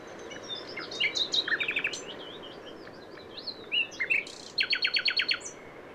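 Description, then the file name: Common nightingale song: slurred whistles and chattering notes with two series of quick repeated strokes. "Luscinia megarhynchos"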